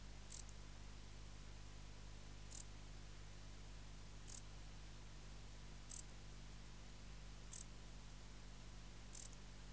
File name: Bio Acoustica. Decticus verrucivorus